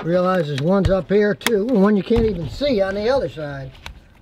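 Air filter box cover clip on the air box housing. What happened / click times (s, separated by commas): The cover clip has not snapped home yet / none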